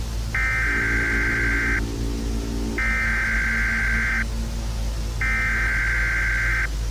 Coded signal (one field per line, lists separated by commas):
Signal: Emergency Alert System (SAME) tones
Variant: header bursts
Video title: EAS Scenario - C-PRIT (Part 4)